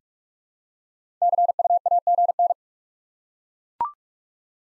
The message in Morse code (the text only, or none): CUAGN